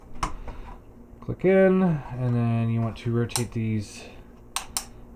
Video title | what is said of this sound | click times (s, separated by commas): Transformers review Masterpiece Star Saber and giveaway winner announced | these will click in click in | 0.2 s